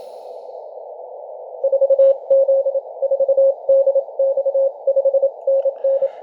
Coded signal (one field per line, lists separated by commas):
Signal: Morse code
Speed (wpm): 28 wpm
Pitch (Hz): 540 Hz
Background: none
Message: 4Z4DX 5NN